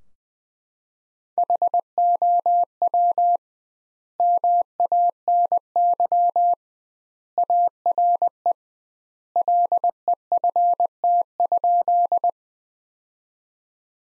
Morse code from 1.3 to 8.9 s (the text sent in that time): HOW MANY ARE